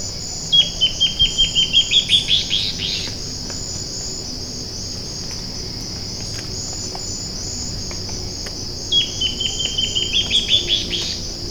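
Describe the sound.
Bird gives two bursts of rapid, high, chipping notes, separated by a long stretch of steady insect drone.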